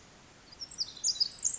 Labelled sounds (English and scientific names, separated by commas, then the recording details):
Pacific Wren (Troglodytes pacificus)
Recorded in Sonoma County, California